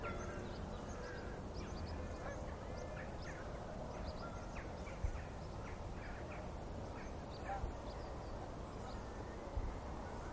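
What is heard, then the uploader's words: Excited geese honk in a steady, crowded gaggle over a low constant rumble of water, with a few louder thumps near five and ten seconds. Gaggles of geese, River Thame, England, UK. I was out in the fields by the River Thame yesterday morning and the geese were clearly excited by the amount of water across the meadows.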